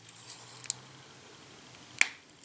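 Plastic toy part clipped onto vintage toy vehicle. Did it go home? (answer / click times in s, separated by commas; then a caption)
yes / 2.0 s. A plastic part of a vintage toy vehicle is snapped onto it, giving a few sharp, short clicks, including one at 0.7 seconds. The last and loudest click comes at 2.0 seconds as the part clips firmly into place.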